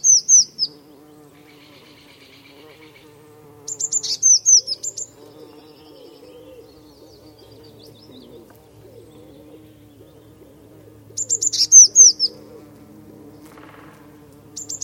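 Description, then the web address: Eurasian blue tit giving bouts of thin, high, downslurred notes, separated by long quiet gaps, over a low hum. "cianscape birddata Deverinetal 2025 Bird Only Cy Ca"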